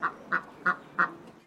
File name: BIRD DUCK PEKING QUACK